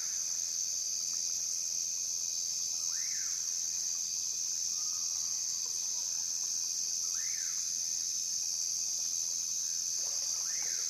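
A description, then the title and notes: Amazon rainforest ambience dominated by a constant, dense insect drone, very bright and unchanging throughout. Bird calls rise and fall as short arching whistles around three, seven and ten seconds, with a faint sustained note near the middle. The Amazon Rainforest. The rivers that thread throughout the forests of Venezuela host a symphony of sounds.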